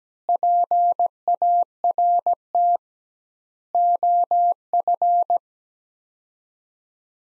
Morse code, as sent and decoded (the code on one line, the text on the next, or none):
.--. .- .-. - / --- ..-.
PART OF